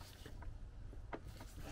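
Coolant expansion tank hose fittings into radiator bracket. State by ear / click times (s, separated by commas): not seated / none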